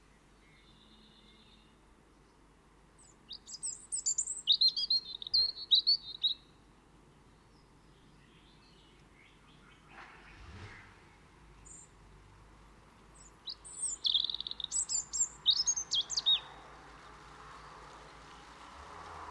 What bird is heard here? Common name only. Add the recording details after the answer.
European Robin. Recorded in the wild. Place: Kaiserslautern, Rheinland-Pfalz, DE. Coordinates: 49.4247, 7.77889. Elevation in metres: 279. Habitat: garden. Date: 1981-06-10. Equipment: Nagra IV. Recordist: Tretzel, Erwin. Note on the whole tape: Aufnahme Juni 1981, Garten, Kaiserslautern: Gesang